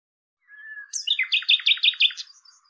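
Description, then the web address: Common nightingale song: a soft, drawn-out whistled note, then a sharp burst of loud repeated notes delivered fast and evenly, ending in a thin, high note. "cianscape birddata Deverinetal 2025"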